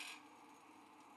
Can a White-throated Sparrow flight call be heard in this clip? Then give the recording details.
no. No flight call is heard. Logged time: 07:58 on 5 December 2014